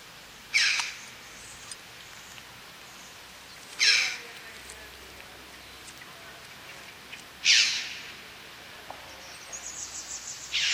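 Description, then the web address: Red-billed chough giving harsh, scratchy single calls roughly every three to four seconds, three loud ones and a fainter burst at the end, over steady background hiss. "Gracchio corallino"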